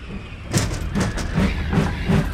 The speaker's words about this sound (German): der Zug!